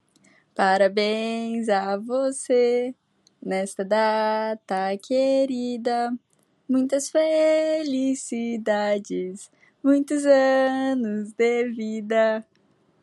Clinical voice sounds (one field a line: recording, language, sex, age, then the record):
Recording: short text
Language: Brazilian Portuguese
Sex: female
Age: 18 to 19 years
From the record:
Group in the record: control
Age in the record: 18 years